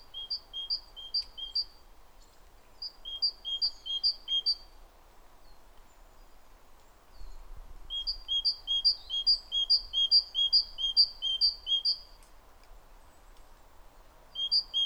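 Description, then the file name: Great tit song: bright two-note phrases repeated in quick runs, two short runs, then a longer run, another starting at the end, over faint low background noise. "Parus major"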